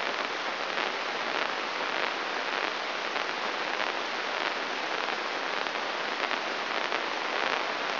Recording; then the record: brain microelectrode recording played as sound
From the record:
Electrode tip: inside the subthalamic nucleus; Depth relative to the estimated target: -1 mm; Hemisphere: right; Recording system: AlphaMap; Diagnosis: Parkinson's disease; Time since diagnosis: 24 years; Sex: male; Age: 67 years